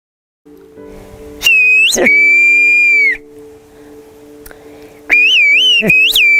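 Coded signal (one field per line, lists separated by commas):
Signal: whistled language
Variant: Turkish whistled language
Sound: loud piercing whistled phrases gliding between high and mid pitch, two bursts with pause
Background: low background hum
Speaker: let's conduct an experiment your friend is far away from us and can't hear what we're saying let's ask her to do something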